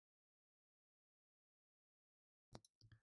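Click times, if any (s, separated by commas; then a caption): 2.5 s, 2.6 s. After 2.5 seconds of silence, a metal cam phaser, with the timing chain on it, is wiggled on the front snout of the camshaft and pops into place over the alignment dowel pin, with sharp clicks at 2.6 and 2.7 seconds. A short burst of metallic rattling follows until the end of the clip, and the phaser is seated.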